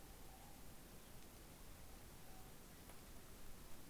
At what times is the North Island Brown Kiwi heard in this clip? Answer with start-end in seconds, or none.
none